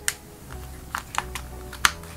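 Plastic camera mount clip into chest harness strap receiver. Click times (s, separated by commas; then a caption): 1.8 s. A plastic camera mount clip is removed from a GoPro chest mount harness strap and slid back into the strap's receiver the other way, on the other side. Light handling taps are heard before a loud, sharp snap at 1.9 s. The clip is seated in the harness.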